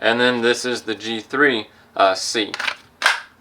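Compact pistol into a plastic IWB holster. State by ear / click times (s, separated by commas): seated / 3.1 s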